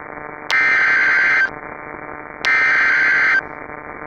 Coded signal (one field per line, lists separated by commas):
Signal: Emergency Alert System (SAME) tones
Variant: header bursts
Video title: Outbreak I: Denver Dismemberment (EAS Scenario)